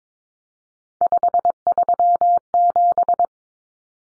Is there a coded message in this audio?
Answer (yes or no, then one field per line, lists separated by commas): yes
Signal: Morse code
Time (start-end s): 1.0-3.3 s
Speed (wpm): 22 wpm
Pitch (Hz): 700 Hz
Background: none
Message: 537